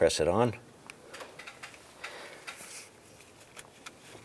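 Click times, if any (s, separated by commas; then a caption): none. Someone talks briefly as the coil wire's electrical connector is handled and pressed toward a new ignition coil on the engine of a 2004-2009 Dodge Durango, followed by faint scattered ticks and handling noises. The connector has not seated or clicked onto the coil yet.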